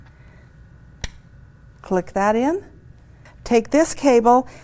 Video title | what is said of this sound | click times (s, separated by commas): Quilt from the Back Kit | here is another phone jack click | 1.0 s